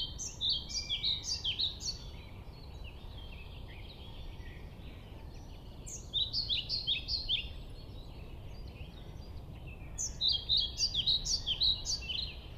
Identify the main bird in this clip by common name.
European Pied Flycatcher